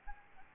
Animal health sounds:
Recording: mosquito wingbeat signal from an infrared sensor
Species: Aedes albopictus

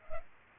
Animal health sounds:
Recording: mosquito wingbeat signal from an infrared sensor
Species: Culex pipiens

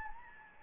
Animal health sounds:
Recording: mosquito wingbeat signal from an infrared sensor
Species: Anopheles gambiae

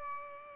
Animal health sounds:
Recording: mosquito wingbeat signal from an infrared sensor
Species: Culex pipiens

